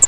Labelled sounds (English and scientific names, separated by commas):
Grace's Warbler (Setophaga graciae) flight call